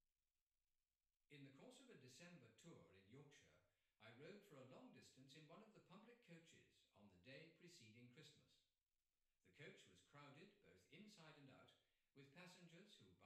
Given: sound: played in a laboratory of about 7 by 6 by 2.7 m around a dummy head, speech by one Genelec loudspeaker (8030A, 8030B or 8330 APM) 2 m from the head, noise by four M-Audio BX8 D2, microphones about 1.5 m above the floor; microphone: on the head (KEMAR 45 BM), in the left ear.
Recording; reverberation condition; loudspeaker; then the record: male speech in English; medium; 30 degrees to the right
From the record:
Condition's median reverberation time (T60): about 510 ms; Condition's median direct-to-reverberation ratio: about -0.5 dB